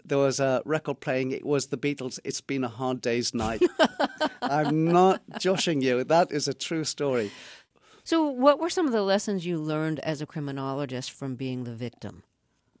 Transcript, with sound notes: There was a record playing, it was The Beatles, "It's Been A Hard Day's Night."
(LAUGHTER)
I'm not joshing you. That is a true story.
So what were some of the lessons you learned as a criminologist from being the victim?